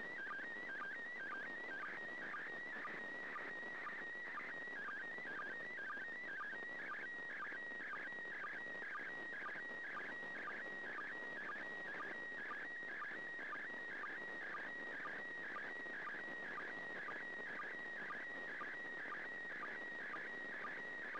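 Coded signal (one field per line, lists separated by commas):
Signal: SSTV (slow-scan television)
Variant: PD120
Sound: warbling tone steady near 2 kHz with rapid regular blips, continuous image scan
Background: radio static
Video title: 1st Second Pass.Slow Scan Television (SSTV) images transmitted from the International Space Station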